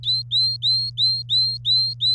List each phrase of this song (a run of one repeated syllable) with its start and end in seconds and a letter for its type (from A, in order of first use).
0.03-2.14 A